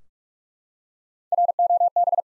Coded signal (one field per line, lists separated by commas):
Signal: Morse code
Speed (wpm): 42 wpm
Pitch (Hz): 700 Hz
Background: none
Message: ROB